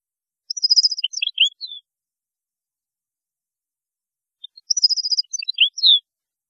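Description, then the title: European goldfinch song: two short bursts of fast tinkling trills and twittering notes, about four seconds apart, with silence between. "Chant Chardonneret"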